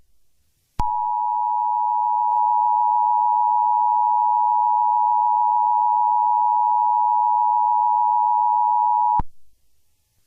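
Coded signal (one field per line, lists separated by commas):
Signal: Emergency Alert System (SAME) tones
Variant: 853 and 960 Hz attention tone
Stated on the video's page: Fictional zombie apocalypse alert scenario, not a real alert.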